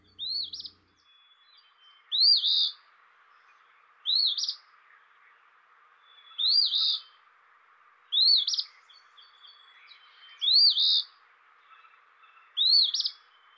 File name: dan-gibsons-solitudes eastern-phoebe